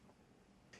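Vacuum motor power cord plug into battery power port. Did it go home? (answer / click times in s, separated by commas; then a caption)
yes / 0.7 s. A vacuum motor power cord plug is inserted into the battery charger power port with its release tab at the 11 o'clock position, then rotated to 12 o'clock. Low, steady handling noise runs through the clip until a sharp, bright click at 0.7 s. The release tab clicks into place and the connector is seated.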